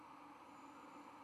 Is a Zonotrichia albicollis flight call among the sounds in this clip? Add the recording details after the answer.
no. No flight call is heard. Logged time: 22:25 on 5 November 2014